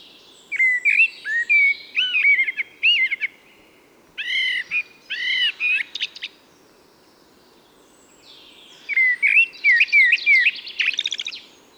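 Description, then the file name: Common blackbird singing three separate phrases, each mixing mellow whistled notes with rapid scratchy high twittering, with quiet pauses of about one and three seconds between phrases. "Turdus merula"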